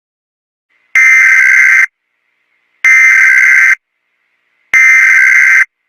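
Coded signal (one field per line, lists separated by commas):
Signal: Emergency Alert System (SAME) tones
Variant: header bursts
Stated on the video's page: Fictional emergency alert scenario, simulated rather than a real broadcast.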